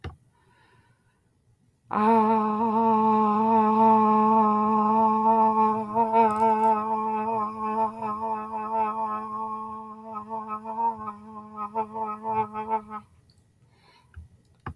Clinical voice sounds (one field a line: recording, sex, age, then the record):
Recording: vowel held as long as possible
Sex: female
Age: 40 to 49 years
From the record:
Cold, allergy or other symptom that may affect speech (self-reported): no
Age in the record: 49 years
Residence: Indiana, United States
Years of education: 16